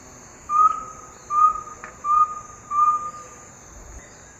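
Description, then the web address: Rusty-belted tapaculo giving four slightly drawn-out whistled notes, each spaced under a second apart, over a hissing background and faint insect noise. Recorded in the eastern lowlands of South America. "Natures Songs S America Eastern Lowlands. Rusty-belted Tapaculo"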